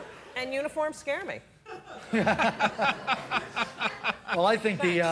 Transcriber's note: soundbite of laughter